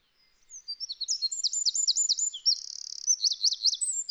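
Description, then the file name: Eurasian wren singing a rapid, high-pitched run of looping notes that breaks into a dry buzzing trill midway, then returns to quick whistled loops. "Troglodytes troglodytes"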